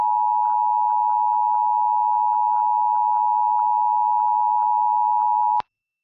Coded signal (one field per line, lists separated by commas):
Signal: Emergency Alert System (SAME) tones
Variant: 853 and 960 Hz attention tone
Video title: EAS | AMBER Alert for Toddler Abducted in Seattle | KIRO-AM/FM